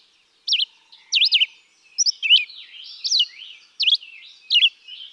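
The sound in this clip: Red-eyed vireo: clear slurred whistled phrases delivered roughly every half second to one second, with faint twittering behind.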